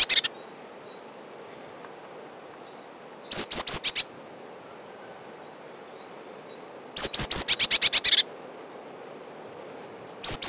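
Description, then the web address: Eurasian blue tit song in short high bursts: brief whistled notes running into a rapid trill, repeated after pauses of several seconds over a faint background hiss. Recorded in spring. "vremena vesna sinica lazorevka"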